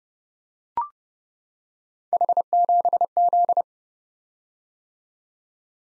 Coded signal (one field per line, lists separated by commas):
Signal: Morse code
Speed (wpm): 30 wpm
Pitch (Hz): 700 Hz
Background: none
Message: H7Z